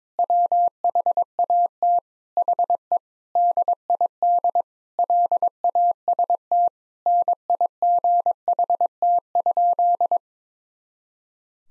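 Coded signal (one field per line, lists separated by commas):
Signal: Morse code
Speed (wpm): 22 wpm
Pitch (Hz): 700 Hz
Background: none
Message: WHAT HE DID LAST NIGHT?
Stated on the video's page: Morse practice sentences from the top 300 words and abbreviations at 22 wpm, each sent, then spoken, then sent again, for head-copy.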